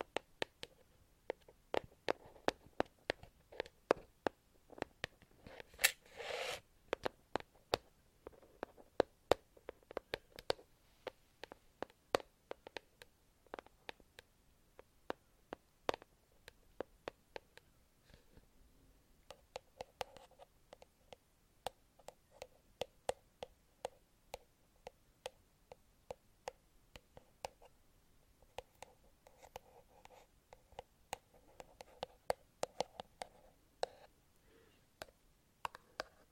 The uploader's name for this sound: ASMR INTENSE TAPPING